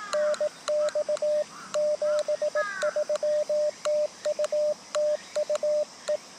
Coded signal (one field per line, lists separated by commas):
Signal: Morse code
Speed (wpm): 18 wpm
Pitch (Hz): 600 Hz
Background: radio noise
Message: NX 73 TU TU E